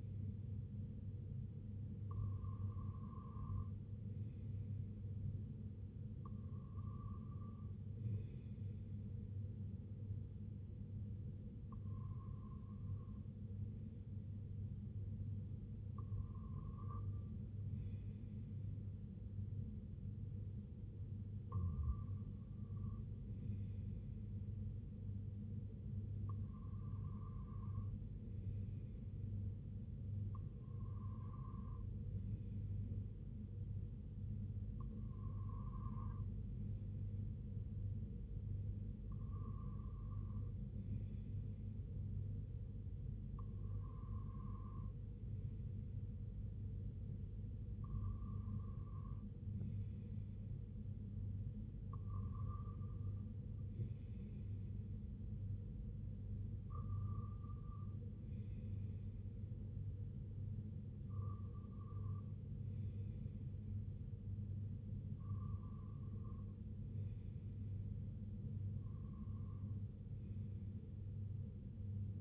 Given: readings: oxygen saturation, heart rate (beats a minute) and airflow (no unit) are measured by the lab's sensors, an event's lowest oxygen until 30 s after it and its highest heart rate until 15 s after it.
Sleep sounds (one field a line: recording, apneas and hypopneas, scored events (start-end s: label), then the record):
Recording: breathing in sleep by a smartphone at the bedside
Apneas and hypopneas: none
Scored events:
none scored
From the record:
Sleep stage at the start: REM sleep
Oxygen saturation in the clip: 94 to 97%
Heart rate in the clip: 61 to 77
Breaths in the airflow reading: 16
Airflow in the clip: -7.8 to 4.1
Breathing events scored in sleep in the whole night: 258 in 7.4 hours asleep